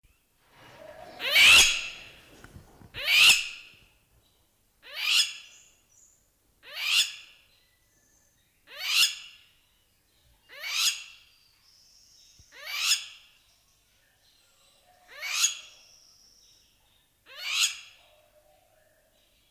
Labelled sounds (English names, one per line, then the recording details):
Crowned Lapwing alarm call
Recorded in captivity
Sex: female
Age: adult
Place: Zoo Berlin, Berlin, DE
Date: 1997-10-25 11:10
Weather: cloudy, 3°C
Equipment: Nagra SN, Kopie Uher 4000 Report Monitor
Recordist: Tembrock, Günter